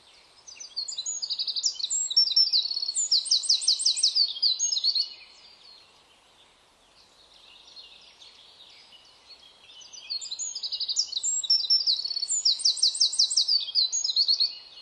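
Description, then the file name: Eurasian wren song, two bursts of fast, high, rattling trills and twittering phrases, each about five seconds long, separated by a quiet gap. "Troglodytes troglodytes"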